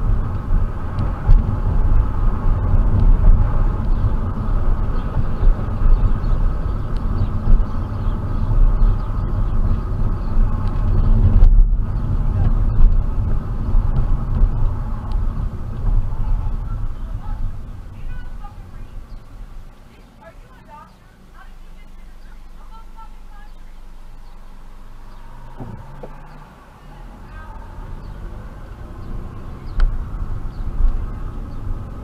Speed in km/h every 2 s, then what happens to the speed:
31, 31, 32, 31, 31, 27, 23, 16, 8, 0, 0, 0, 0, 0, 13, 21.
0-5 steady at about 31. 5-17 slows to 0. 17-26 standing. 26-32 pulls away to 21.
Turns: none.